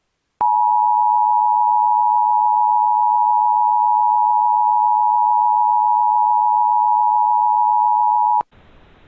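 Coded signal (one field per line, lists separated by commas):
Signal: Emergency Alert System (SAME) tones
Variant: 853 and 960 Hz attention tone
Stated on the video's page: Mock EAS alert with valid tones.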